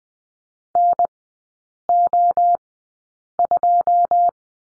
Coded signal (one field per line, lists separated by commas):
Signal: Morse code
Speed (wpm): 20 wpm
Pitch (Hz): 700 Hz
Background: none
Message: NO2